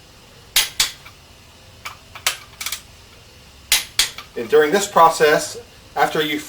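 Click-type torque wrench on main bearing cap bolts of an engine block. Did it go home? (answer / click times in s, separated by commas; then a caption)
yes / 0.6 s, 3.7 s. A click-type torque wrench set to 100 ft-lb tightens the main bearing cap bolts over the crankshaft of a big-block Chevy 454 engine block, and the wrench clicks at the setting at 0.6 s and again at 3.7 s. Other sharp clicks land around 0.8, 2.3, 2.6 and 4.0 s. Someone talks in the last few seconds.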